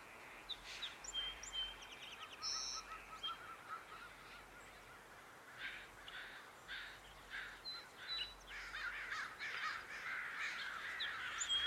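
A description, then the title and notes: Recorded along public footpaths at Dharma Rain Zen Center, birds call through a soft steady hiss. Short bright chirps and a few harsher caw-like calls come and go throughout, with a brief high tonal burst near three seconds and busier calling toward the end. Recorded January 22, 2022 at Dharma Rain Zen Center along the various footpaths open to the public.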